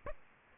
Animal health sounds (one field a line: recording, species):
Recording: mosquito wingbeat signal from an infrared sensor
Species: Aedes aegypti